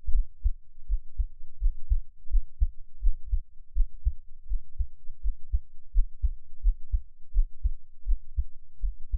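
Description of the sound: Deep, soft thumps repeat steadily at about 85 beats a minute, many heard as paired lub-dub beats over a faint low hum. An adult's heartbeat, picked up close with an NT5 microphone, with no talking.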